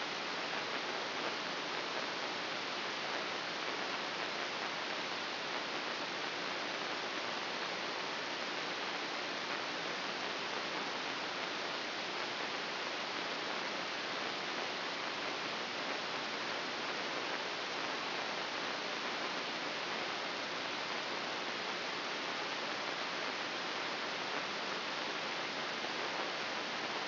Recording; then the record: brain microelectrode recording played as sound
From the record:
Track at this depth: inside the subthalamic nucleus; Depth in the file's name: 3.029 mm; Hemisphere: left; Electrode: 3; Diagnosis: Parkinson's disease